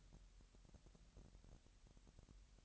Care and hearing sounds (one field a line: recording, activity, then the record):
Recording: daily activity, microphone in the room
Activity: take from stove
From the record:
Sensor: 3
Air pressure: 1002.0 hPa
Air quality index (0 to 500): 245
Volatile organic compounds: 47 ppm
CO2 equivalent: 3262 ppm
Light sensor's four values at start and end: 6/15/6/6 and 6/15/6/6